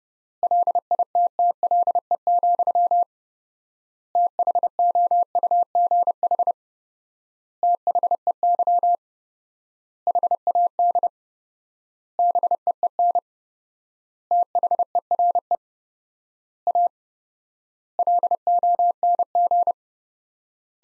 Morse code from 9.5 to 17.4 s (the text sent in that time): HAD BEEN THERE A